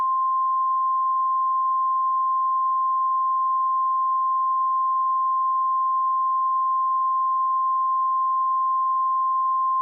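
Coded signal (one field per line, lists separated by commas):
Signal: Emergency Alert System (SAME) tones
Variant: 1050 Hz attention tone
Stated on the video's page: Fictional EAS scenario made with Sony Movie Studio 13.0.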